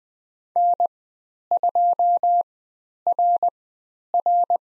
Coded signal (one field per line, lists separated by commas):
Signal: Morse code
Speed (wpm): 20 wpm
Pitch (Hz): 700 Hz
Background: none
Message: N2RR